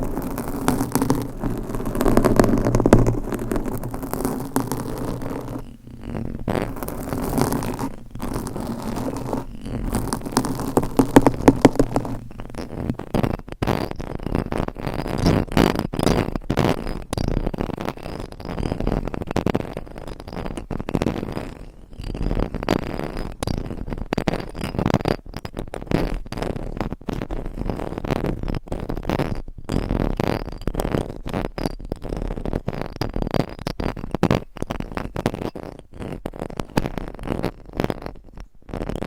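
Scratching and tapping sounds of a massage, with dense rubbing and scraping running throughout. For the first twelve seconds a low steady hum sits beneath the strokes; after that the texture turns drier and brighter, with quick irregular taps and scratches that never pause long.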